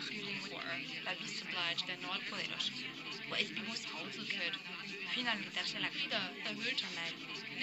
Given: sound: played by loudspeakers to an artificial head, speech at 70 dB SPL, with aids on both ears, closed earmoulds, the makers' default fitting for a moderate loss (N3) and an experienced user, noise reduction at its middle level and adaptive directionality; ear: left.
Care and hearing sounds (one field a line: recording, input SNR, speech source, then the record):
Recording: speech test signal (ISTS) in cocktail-party noise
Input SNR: -3 dB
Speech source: in front (0 degrees)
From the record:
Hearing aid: class 1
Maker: D